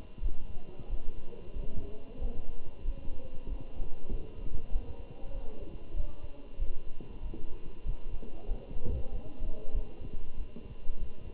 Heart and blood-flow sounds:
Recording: heart sounds by stethoscope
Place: between the tricuspid and mitral areas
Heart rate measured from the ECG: 95 bpm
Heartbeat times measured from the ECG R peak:
0.22 s: heartbeat
0.89 s: heartbeat
1.55 s: heartbeat
2.21 s: heartbeat
2.84 s: heartbeat
3.48 s: heartbeat
4.11 s: heartbeat
4.72 s: heartbeat
5.34 s: heartbeat
5.96 s: heartbeat
6.58 s: heartbeat
7.22 s: heartbeat
7.85 s: heartbeat
8.48 s: heartbeat
9.11 s: heartbeat
9.73 s: heartbeat
10.37 s: heartbeat
10.99 s: heartbeat
From the record:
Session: Bruce protocol treadmill stress test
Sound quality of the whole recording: good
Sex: male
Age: 27 years

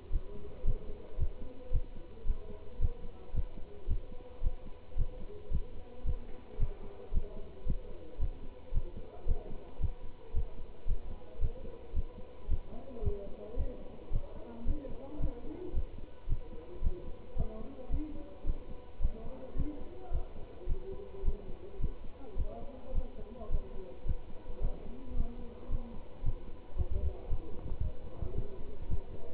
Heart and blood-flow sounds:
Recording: heart sounds by stethoscope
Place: between the tricuspid and mitral areas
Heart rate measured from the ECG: 111 bpm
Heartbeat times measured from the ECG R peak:
0.11 s: heartbeat
0.64 s: heartbeat
1.17 s: heartbeat
1.71 s: heartbeat
2.25 s: heartbeat
2.79 s: heartbeat
3.33 s: heartbeat
3.87 s: heartbeat
4.41 s: heartbeat
4.96 s: heartbeat
5.50 s: heartbeat
6.04 s: heartbeat
6.58 s: heartbeat
7.12 s: heartbeat
7.65 s: heartbeat
8.18 s: heartbeat
8.72 s: heartbeat
9.26 s: heartbeat
9.79 s: heartbeat
10.32 s: heartbeat
10.86 s: heartbeat
11.39 s: heartbeat
11.93 s: heartbeat
12.48 s: heartbeat
13.01 s: heartbeat
13.56 s: heartbeat
14.10 s: heartbeat
14.65 s: heartbeat
15.19 s: heartbeat
15.73 s: heartbeat
16.27 s: heartbeat
16.81 s: heartbeat
17.35 s: heartbeat
17.89 s: heartbeat
18.44 s: heartbeat
19.00 s: heartbeat
19.55 s: heartbeat
20.10 s: heartbeat
20.67 s: heartbeat
21.23 s: heartbeat
21.79 s: heartbeat
22.36 s: heartbeat
22.93 s: heartbeat
23.49 s: heartbeat
24.04 s: heartbeat
24.60 s: heartbeat
25.15 s: heartbeat
25.69 s: heartbeat
26.22 s: heartbeat
26.75 s: heartbeat
27.28 s: heartbeat
27.81 s: heartbeat
28.34 s: heartbeat
28.88 s: heartbeat
From the record:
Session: pedaling a stationary bicycle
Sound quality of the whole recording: good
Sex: male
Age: 27 years

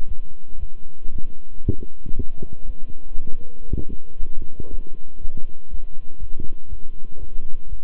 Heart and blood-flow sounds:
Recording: heart sounds by stethoscope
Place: between the tricuspid and mitral areas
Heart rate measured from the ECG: 118 bpm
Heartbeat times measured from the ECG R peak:
0.06 s: heartbeat
0.58 s: heartbeat
1.10 s: heartbeat
1.62 s: heartbeat
2.14 s: heartbeat
2.65 s: heartbeat
3.17 s: heartbeat
3.68 s: heartbeat
4.19 s: heartbeat
4.69 s: heartbeat
5.20 s: heartbeat
5.69 s: heartbeat
6.18 s: heartbeat
6.68 s: heartbeat
7.18 s: heartbeat
7.67 s: heartbeat
From the record:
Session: walking at 3.7 km/h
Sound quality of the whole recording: good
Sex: male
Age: 26 years

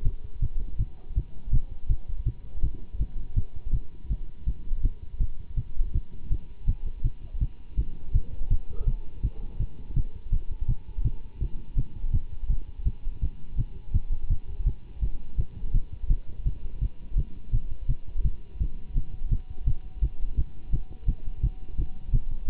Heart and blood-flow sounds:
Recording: heart sounds by stethoscope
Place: between the tricuspid and mitral areas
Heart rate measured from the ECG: 166 bpm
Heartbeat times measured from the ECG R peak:
0.04 s: heartbeat
0.41 s: heartbeat
0.78 s: heartbeat
1.15 s: heartbeat
1.51 s: heartbeat
1.88 s: heartbeat
2.25 s: heartbeat
2.62 s: heartbeat
2.98 s: heartbeat
3.35 s: heartbeat
3.72 s: heartbeat
4.09 s: heartbeat
4.46 s: heartbeat
4.82 s: heartbeat
5.19 s: heartbeat
5.56 s: heartbeat
5.93 s: heartbeat
6.30 s: heartbeat
6.66 s: heartbeat
7.03 s: heartbeat
7.40 s: heartbeat
7.76 s: heartbeat
8.13 s: heartbeat
8.49 s: heartbeat
8.86 s: heartbeat
9.22 s: heartbeat
9.59 s: heartbeat
9.95 s: heartbeat
10.31 s: heartbeat
10.67 s: heartbeat
11.03 s: heartbeat
11.40 s: heartbeat
11.76 s: heartbeat
12.12 s: heartbeat
12.48 s: heartbeat
12.84 s: heartbeat
13.21 s: heartbeat
13.57 s: heartbeat
13.93 s: heartbeat
14.29 s: heartbeat
14.65 s: heartbeat
15.01 s: heartbeat
15.37 s: heartbeat
15.73 s: heartbeat
16.08 s: heartbeat
16.44 s: heartbeat
16.80 s: heartbeat
17.16 s: heartbeat
17.52 s: heartbeat
17.88 s: heartbeat
18.23 s: heartbeat
18.59 s: heartbeat
18.94 s: heartbeat
19.30 s: heartbeat
19.65 s: heartbeat
20.01 s: heartbeat
20.36 s: heartbeat
20.71 s: heartbeat
21.07 s: heartbeat
21.42 s: heartbeat
21.77 s: heartbeat
22.12 s: heartbeat
22.47 s: heartbeat
From the record:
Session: Bruce protocol treadmill stress test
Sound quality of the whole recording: good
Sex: male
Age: 24 years

